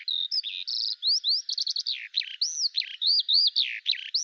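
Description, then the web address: Bird song mixing buzzy trills, rising and falling whistled slurs and sharp chirps, each phrase changing quickly in a lively sequence. "Deverinetal 2025 File cleaned normalized Bird Al Ar"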